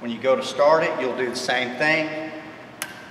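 Someone talks while the top of the decompression switch button on a chainsaw-type small engine cutting unit is pressed before starting. The button latches in with a short, sharp click at 2.8 s, showing it has seated.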